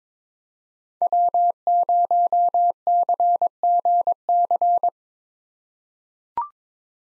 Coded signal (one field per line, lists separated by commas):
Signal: Morse code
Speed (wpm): 22 wpm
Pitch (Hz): 700 Hz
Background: none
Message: W0CGC